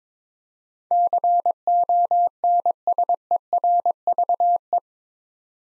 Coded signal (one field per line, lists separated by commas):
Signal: Morse code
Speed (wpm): 22 wpm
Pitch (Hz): 700 Hz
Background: none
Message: CONSERVE